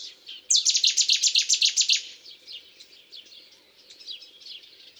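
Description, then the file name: Cetti's warbler song: an explosive, rapid run of about ten loud, sharp notes lasting under two seconds, then softer high twittering in the background. "rouxinol bravo"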